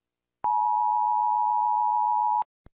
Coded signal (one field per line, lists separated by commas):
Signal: Emergency Alert System (SAME) tones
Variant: 853 and 960 Hz attention tone